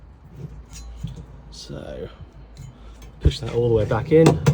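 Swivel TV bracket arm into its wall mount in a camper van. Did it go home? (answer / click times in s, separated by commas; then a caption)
no / none. In a Chausson 727GA motorhome, a swivelling TV bracket arm is pushed back toward its stowed position in its wall mount while someone talks, with light metallic rattles and knocks from the handling. Nothing has clicked or locked into place yet.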